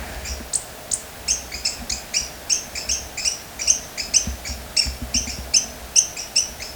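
Bird calls, short sharp high notes with lower harmonics, repeated rapidly about two to three per second in an irregular rhythm over faint low background rumble.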